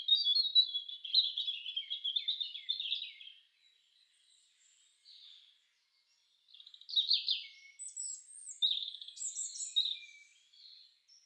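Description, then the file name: European robin song: thin, high warbling phrases with fluting and trilled notes, a pause in the middle, then a fresh varied phrase with sharp high notes. "roodborst"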